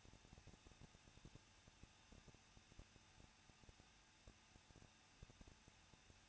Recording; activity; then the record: daily activity, microphone in the room; no activity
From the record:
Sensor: 2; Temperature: 21.0 degrees Celsius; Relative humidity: 37.5%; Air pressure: 1006.2 hPa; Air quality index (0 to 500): 223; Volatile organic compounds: 25 ppm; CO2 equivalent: 2827 ppm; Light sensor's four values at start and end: 2/3/2/2 and 2/3/2/2